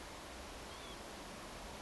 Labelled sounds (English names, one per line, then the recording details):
Northern Lapwing
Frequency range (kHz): Northern Lapwing 2.9-3.9 kHz
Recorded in France